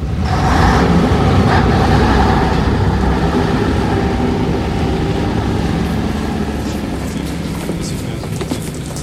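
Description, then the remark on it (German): A vehicle drives downward through an underground concrete corridor with a ceiling at least 5 metres high, its engine a loud, steady low rumble with a hollow roar that eases slightly toward the end, broken by a few faint clicks and rattles. “Und weiter abwärts, bis er an einem betonierten Korridor hielt, dessen Decke mindestens 5 Meter hoch war.”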